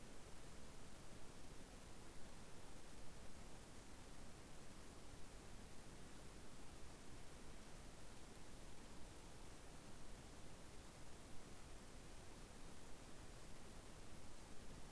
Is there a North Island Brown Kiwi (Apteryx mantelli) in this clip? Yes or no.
no